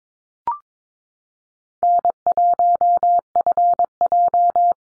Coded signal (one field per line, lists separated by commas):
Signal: Morse code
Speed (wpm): 22 wpm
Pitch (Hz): 700 Hz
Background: none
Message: N1FJ